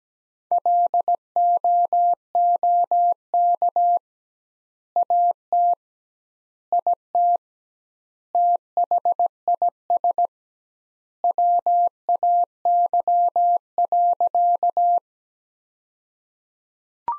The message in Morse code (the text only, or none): LOOK AT IT THIS WAY.